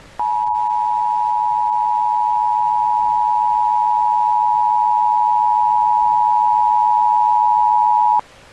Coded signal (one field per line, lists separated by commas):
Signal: Emergency Alert System (SAME) tones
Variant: 853 and 960 Hz attention tone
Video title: *VALID TONES* Thanksgiving EAS Scenario: "11/24/16"